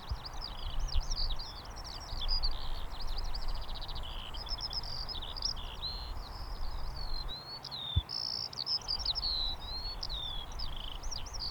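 Lark song: a continuous, fast, high warbling stream of trills, buzzy notes and sliding whistles without pause, over a steady low rumble of background noise.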